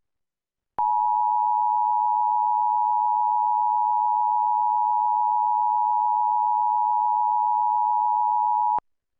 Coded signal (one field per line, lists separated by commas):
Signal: Emergency Alert System (SAME) tones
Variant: 853 and 960 Hz attention tone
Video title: TV EAS #27 (EAS #40): Flood Warning, 10/3/15